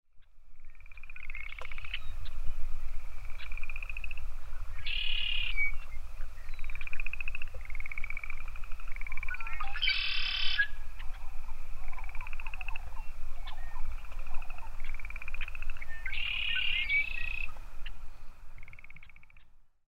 The harsh cries of red-winged blackbirds reverberate across Swan Lake lake amidst the sounds of boreal chorus frogs and sandhill cranes.